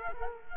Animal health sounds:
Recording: mosquito wingbeat signal from an infrared sensor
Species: Culex quinquefasciatus

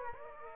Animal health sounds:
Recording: mosquito wingbeat signal from an infrared sensor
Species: Aedes aegypti

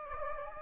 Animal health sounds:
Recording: mosquito wingbeat signal from an infrared sensor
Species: Anopheles gambiae

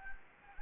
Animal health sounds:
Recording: mosquito wingbeat signal from an infrared sensor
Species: Anopheles gambiae

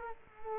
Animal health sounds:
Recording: mosquito wingbeat signal from an infrared sensor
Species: Culex quinquefasciatus

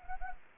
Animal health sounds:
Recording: mosquito wingbeat signal from an infrared sensor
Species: Anopheles gambiae

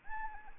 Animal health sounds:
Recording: mosquito wingbeat signal from an infrared sensor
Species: Anopheles arabiensis

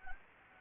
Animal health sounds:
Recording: mosquito wingbeat signal from an infrared sensor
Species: Anopheles gambiae

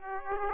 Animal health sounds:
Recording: mosquito wingbeat signal from an infrared sensor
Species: Aedes aegypti

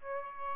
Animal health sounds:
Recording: mosquito wingbeat signal from an infrared sensor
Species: Aedes albopictus

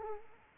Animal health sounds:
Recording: mosquito wingbeat signal from an infrared sensor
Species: Culex quinquefasciatus

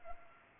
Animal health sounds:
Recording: mosquito wingbeat signal from an infrared sensor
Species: Culex pipiens

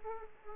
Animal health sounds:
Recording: mosquito wingbeat signal from an infrared sensor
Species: Aedes aegypti

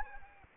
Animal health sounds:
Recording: mosquito wingbeat signal from an infrared sensor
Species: Anopheles arabiensis

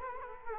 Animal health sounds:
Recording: mosquito wingbeat signal from an infrared sensor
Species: Culex quinquefasciatus

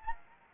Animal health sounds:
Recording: mosquito wingbeat signal from an infrared sensor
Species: Anopheles gambiae

